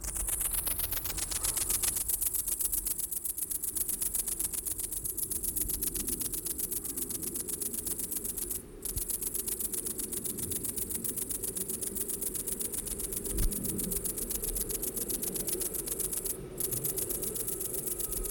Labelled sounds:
Great Green Bush-cricket (Tettigonia viridissima) stridulation

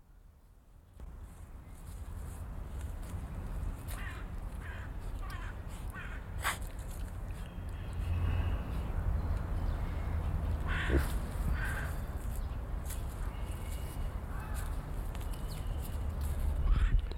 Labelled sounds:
Collared Peccary (Pecari tajacu)

